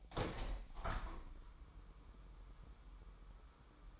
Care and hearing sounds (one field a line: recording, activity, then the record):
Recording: daily activity, microphone in the room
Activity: open window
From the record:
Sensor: 1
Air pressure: 1000.2 hPa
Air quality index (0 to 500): 241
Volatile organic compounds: 121 ppm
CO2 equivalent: 3883 ppm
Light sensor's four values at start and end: 10/25/10/11 and 11/27/11/12